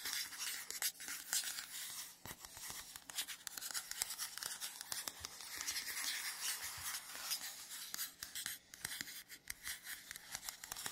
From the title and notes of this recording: Scratchy Tapping on 3 Matte Surfaces (NO TALKING).